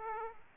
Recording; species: mosquito wingbeat signal from an infrared sensor; Aedes aegypti